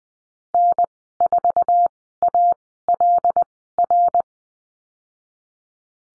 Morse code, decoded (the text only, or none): N4ALR